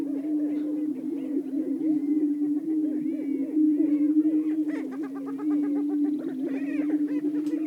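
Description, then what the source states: Greater prairie-chickens give a continuous low droning chorus of overlapping moans, with scattered higher whoops and a burst of stacked notes in the second half. Several greater prairie-chickens calling.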